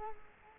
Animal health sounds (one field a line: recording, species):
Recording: mosquito wingbeat signal from an infrared sensor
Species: Culex quinquefasciatus